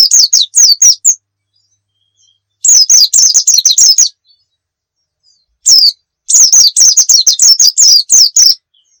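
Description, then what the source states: White-eye song: a few bursts of high, rapid twittering chirps with short silences between them. Pleci of the Muria type, recorded as a masteran, a tutor recording of song for cage birds.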